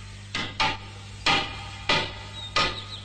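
Five sharp hammer blows strike wood in an uneven rhythm, each a solid knock with a short ringing tail, over a low steady hum with no voices.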